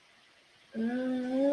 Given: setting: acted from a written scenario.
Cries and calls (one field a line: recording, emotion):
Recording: vocal sound without words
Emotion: guilt